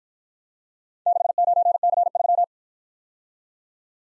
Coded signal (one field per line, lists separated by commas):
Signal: Morse code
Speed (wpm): 51 wpm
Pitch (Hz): 700 Hz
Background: none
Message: 69C3